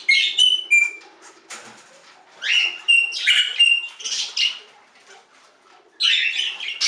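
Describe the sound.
Budgerigar chirping: bursts of high chirps and warbled notes with quiet stretches between them and a faint low hum.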